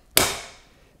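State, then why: Seated. The removable plastic water tank of a Nespresso Krups Expert capsule coffee machine is pushed back into its seat in the machine body. A single sharp, loud click sounds at 0.2 s and rings out over about half a second, followed by a faint tick near 1.0 s. The tank is seated back in place.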